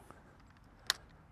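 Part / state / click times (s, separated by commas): crossbow string latch in trigger box / seated / 0.9 s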